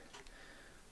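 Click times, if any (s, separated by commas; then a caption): 0.3 s. A bike light is slid back into its handlebar mount on a bike. A soft click is heard at 0.3 seconds over a faint background hiss as the light seats into place, confirmed clicked in.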